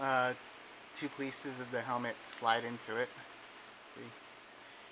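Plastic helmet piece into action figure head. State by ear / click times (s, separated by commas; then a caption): not seated / none. Two plastic helmet pieces are being slid into an action figure's head while someone talks over a low steady background hum. No click is heard; nothing has seated or clicked into place yet.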